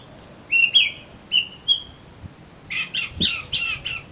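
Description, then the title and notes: Oriental magpie-robin song: a few loud whistled notes with slurred inflections, then a rapid run of harsher chattering phrases near the end. "suara kacer. kumpulan suara burung kacer"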